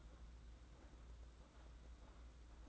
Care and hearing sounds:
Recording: daily activity, microphone in the room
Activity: take from stove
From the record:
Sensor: 3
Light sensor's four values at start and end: 28/81/33/28 and 28/81/33/28

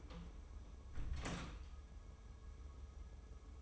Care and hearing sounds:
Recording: daily activity, microphone in the room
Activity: close door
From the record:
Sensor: 1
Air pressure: 1015.2 hPa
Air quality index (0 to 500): 135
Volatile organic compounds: 6 ppm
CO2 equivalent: 1857 ppm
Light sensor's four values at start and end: 14/33/14/15 and 14/33/14/15

